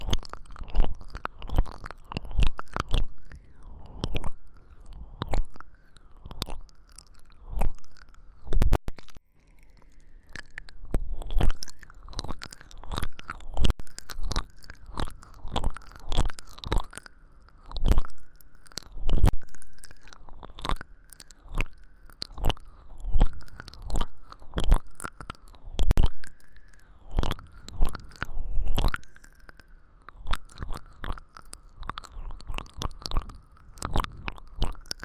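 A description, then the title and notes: Wet licking sounds: dense, irregular smacks and clicks follow one another rapidly for the whole stretch, with barely any pauses. Some strokes are sharp and crisp, others softer and slurping, over a faint steady hum. 3DIO舔耳×視覺觸發 | 耳舐 | Ear Licking | Visual Triggers | NO Talking.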